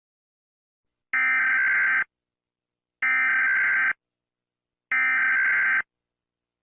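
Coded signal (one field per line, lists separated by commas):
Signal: Emergency Alert System (SAME) tones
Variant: header bursts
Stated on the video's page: Fictional EAS scenario; simulated alert tones.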